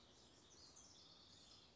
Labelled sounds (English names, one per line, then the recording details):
House Wren
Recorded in Sonoma County, California